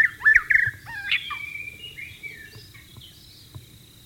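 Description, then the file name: White-rumped shama: songbird phrases of whistled, sharply rising and falling notes, loudest at the start and fading to softer high strands, with a low hum throughout. Heard in the wild. "suara burung murai batu di alam liar"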